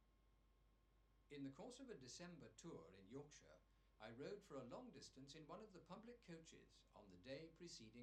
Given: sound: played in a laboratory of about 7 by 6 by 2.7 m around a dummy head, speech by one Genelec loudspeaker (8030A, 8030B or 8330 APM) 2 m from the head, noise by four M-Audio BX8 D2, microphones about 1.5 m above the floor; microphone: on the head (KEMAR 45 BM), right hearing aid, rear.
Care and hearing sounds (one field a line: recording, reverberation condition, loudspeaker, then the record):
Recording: male speech in English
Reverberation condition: low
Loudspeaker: behind (180 degrees)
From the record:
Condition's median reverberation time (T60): about 310 ms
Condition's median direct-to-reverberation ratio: about 3.5 dB